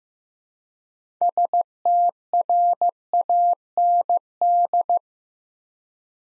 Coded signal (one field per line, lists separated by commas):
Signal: Morse code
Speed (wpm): 15 wpm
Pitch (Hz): 700 Hz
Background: none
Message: STRAND